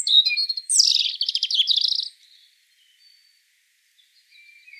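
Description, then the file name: European robin singing a short burst of sweet high trills and twittering notes, then a long pause with only a few faint thin whistles toward the end. "Erithacus rubecula"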